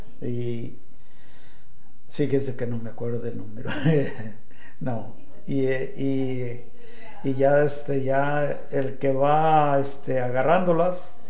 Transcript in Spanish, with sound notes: Y fíjese que no me acuerdo del número, (risas) no. Y ya, este, ya el que va, este, agarrándolas,